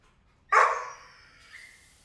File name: kennel dog barks different perspectives roomy quiet room